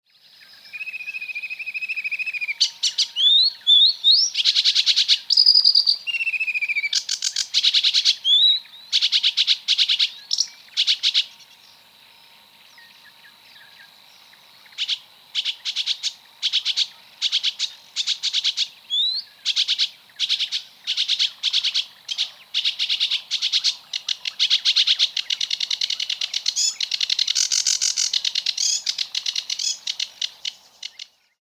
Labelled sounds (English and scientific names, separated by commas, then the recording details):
Sedge Warbler (Acrocephalus schoenobaenus)
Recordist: Frommolt, Karl-Heinz
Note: Gesang